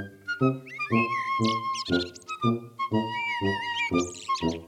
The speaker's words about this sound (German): Die Amsel.